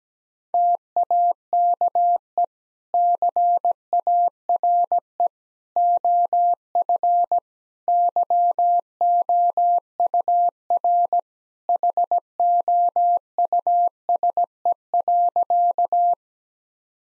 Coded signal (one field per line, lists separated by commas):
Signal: Morse code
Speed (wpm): 17 wpm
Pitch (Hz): 700 Hz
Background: none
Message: TAKE CARE OF YOUR HOUSE.